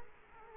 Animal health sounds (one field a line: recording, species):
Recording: mosquito wingbeat signal from an infrared sensor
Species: Culex quinquefasciatus